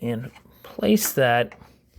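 A plastic cap is handled and placed upside down over a toy track connector so the next piece can connect, while someone talks. Faint handling noises sit between the voiced stretches, and nothing has seated or clicked yet.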